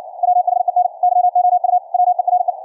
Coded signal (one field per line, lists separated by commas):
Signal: Morse code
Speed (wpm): 56 wpm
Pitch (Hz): 720 Hz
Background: none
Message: WHEN YOU WERE